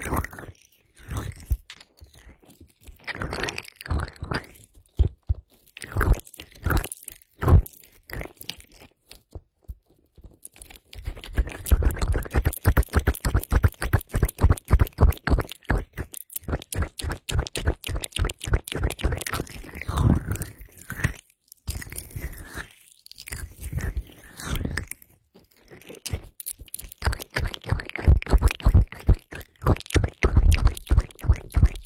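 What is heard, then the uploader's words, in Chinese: Lotion massage, with rapid wet, sticky squelches and clicks packed closely together. A sparser, quieter opening gives way after about eleven seconds to a dense, steady run of squishy strokes, broken by brief pauses near 21 and 25 seconds. 乳液按摩。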